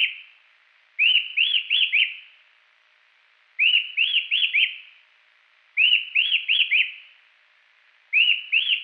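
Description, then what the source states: Rufous-tailed attila singing a repeated phrase of four bright, slurred whistles, three full phrases and the start of a fourth about two and a half seconds apart, with near silence between. Song; Salerno, 23 October 2001.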